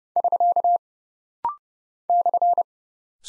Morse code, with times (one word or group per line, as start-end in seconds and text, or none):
0.2-0.8 <SK>
2.1-2.6 /